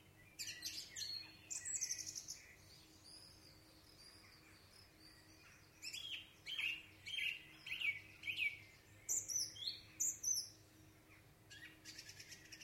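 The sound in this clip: Song thrush song: bright, varied high phrases, several notes repeated two or three times in quick succession, with steady low background hum.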